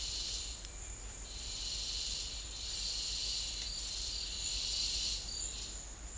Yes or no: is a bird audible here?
no